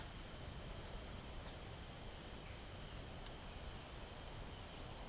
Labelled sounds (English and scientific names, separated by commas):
none